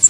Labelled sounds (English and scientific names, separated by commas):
Blackpoll Warbler (Setophaga striata) flight call